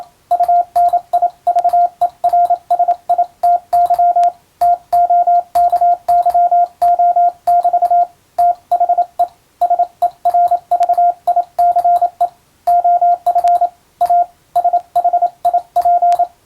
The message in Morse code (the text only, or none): UNIVERSITY TOKYO<BT> THE SERVICE OF A SHIP